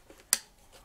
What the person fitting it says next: once that's mounted up it clicks into place and you're ready to go